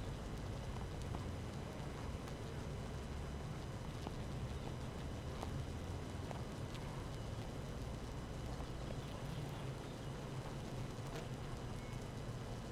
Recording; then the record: honeybee colony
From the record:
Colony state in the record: active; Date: 12 June 2018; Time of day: 7:03